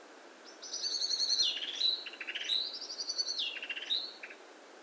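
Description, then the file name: Common blackbird gives two high squeaky twittering phrases, each sliding downward and ending in rapid chattering notes, over steady faint background hiss. "Turdus merula"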